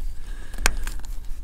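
A two-prong plastic wiring connector on a new LED trailer side marker light, coated with electrical grease, is pushed together by hand. It snaps in with one sharp, loud click at 0.7 s, followed by a few fainter ticks around 0.9 s and 1.1 s. The connector is seated.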